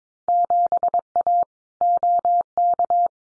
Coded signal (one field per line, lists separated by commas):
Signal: Morse code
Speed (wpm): 22 wpm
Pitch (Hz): 700 Hz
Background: none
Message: 7A OK